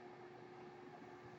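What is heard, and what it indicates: Steady low mechanical hum with a faint constant tone, the running noise of a home mechanical ventilator.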